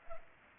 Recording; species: mosquito wingbeat signal from an infrared sensor; Culex pipiens